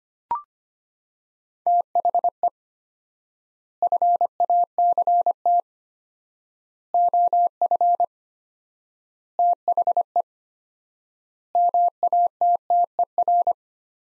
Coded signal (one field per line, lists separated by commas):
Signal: Morse code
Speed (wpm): 25 wpm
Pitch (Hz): 700 Hz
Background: none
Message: THE FACT OF THE MATTER